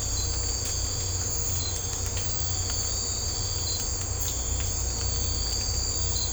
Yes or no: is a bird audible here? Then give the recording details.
no. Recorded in secondary vegetation near Puerto Asís, Putumayo, Colombia, on 18 December 2024 at 03:00. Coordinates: 0.502, -76.326. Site G028